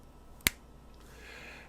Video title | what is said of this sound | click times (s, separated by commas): First Impressions Parker IM | It's not the most satisfying click, but it is a pretty satisfying click. | 0.5 s